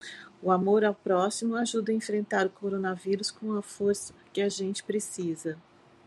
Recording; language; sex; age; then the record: spoken sentence; Brazilian Portuguese; female; 50 to 59 years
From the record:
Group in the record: control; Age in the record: 58 years